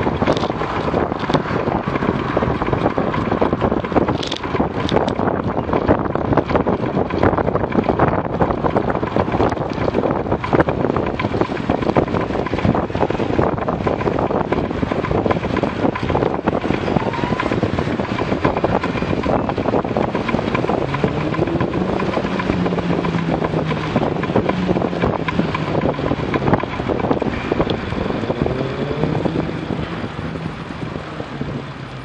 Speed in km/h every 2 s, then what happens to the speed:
31, 31, 31, 30, 25, 28, 28, 29, 24, 27, 31, 27, 26, 18, 9, 6.
0-21 steady at about 29. 21-32 slows to 6.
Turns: none.